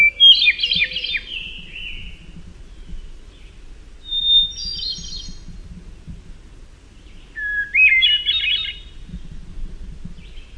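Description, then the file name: Hermit thrush delivering three song phrases a few seconds apart, each beginning with a clean whistle and dissolving into airy, flute-like trills. "HETH song"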